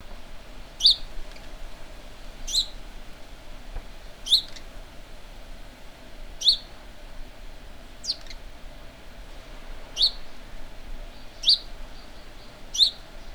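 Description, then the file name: House sparrow giving single sharp chirps, each repeated roughly every one and a half to two seconds, eight in all, over faint background noise. "Passer domesticus"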